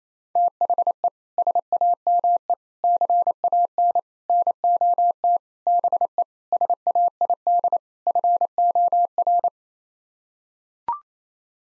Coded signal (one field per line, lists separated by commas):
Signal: Morse code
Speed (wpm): 28 wpm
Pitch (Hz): 700 Hz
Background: none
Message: THE SAME CAN NOT BE SAID FOR